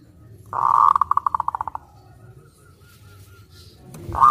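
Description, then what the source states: Zebra dove cooing: a sustained note breaks into a fast run of about ten pulsed coos that fade, then a fresh coo begins at the end. Known locally as perkutut; the song is used as a lure (pikat) for trapping.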